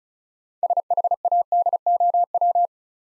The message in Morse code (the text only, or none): SHADOW